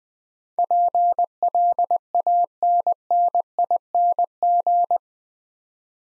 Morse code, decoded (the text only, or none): PLANNING